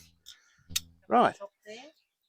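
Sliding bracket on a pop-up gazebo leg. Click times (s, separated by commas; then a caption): 0.8 s. A sliding bracket on the metal leg of a pop-up gazebo is pushed up the leg and clicks, locking into position at 0.8 s. A faint tap comes just before, then someone talks.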